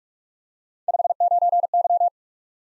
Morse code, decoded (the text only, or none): 59Y